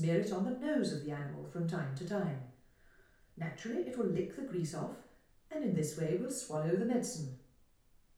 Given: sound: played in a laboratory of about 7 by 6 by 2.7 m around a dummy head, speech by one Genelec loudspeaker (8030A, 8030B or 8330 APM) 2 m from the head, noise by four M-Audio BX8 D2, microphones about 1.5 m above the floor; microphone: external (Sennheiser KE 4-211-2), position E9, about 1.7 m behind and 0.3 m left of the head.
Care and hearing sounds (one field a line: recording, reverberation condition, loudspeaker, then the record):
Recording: female speech in English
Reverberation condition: medium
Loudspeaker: 90 degrees to the left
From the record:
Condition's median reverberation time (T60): about 510 ms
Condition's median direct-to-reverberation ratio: about -0.5 dB